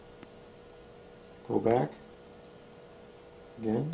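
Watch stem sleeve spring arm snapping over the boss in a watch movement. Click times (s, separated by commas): 0.2 s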